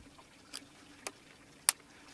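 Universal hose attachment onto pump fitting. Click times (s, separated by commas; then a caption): 1.7 s. A universal plastic hose attachment is clipped onto a pump fitting, with two faint taps at about 0.6 and 1.1 seconds over a quiet background. A sharp, loud click at 1.7 seconds marks the attachment seating onto the fitting.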